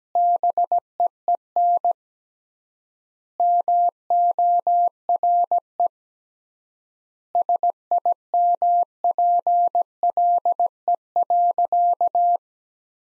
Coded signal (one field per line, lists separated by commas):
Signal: Morse code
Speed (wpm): 17 wpm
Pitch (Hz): 700 Hz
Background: none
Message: BEEN MORE SIMPLE.